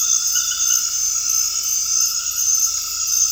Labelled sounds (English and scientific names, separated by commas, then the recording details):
none
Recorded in dense forest near Puerto Asís, Putumayo, Colombia, on 18 February 2024 at 23:00
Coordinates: 0.485, -76.318
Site G6408